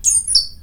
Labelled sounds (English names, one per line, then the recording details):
Stitchbird song
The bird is a male
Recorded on Tiritiri Matangi Island, New Zealand, in 2005
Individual 22, of nest box 31